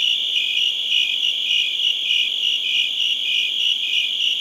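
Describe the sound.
Crickets giving high, pulsing chirps, a clearer beat of repeated notes riding over a constant shrill chorus.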